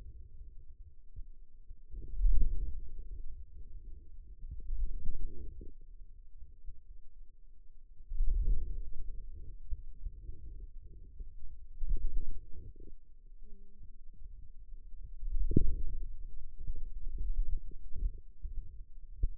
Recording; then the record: forearm muscle sounds (acoustic myography)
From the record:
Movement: wrist extension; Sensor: system 2, bracelet of six BSWA MPA416 microphones around the upper forearm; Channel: 2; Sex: male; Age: 22 years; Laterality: right